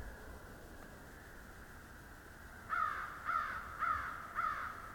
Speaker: You can hear kind of a muffled flock of crows.